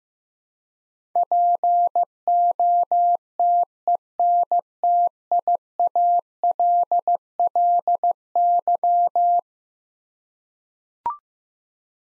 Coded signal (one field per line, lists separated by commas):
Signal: Morse code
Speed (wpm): 16 wpm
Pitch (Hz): 700 Hz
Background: none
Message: POTENTIALLY